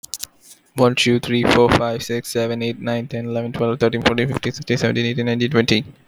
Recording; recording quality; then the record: counting at a fast pace; excellent, no background noise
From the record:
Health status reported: exposed to COVID-19, no respiratory illness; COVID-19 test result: not tested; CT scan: not taken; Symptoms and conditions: none ticked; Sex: male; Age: 22 years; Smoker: no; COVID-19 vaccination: none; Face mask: not worn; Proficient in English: yes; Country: India